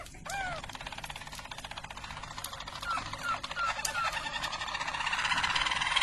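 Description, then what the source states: Canary song, fairly soft: a quick rising-falling note, then a long fast buzzy roll with a few short descending whistles over it. Belgian Harz Roller canary song.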